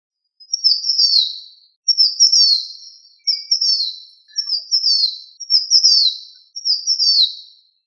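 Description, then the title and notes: Bird song: six high, bright phrases, each a quick twittering run that slides downward, separated by short pauses. Bird song from Indonesia. "Kicau Burung Indonesia"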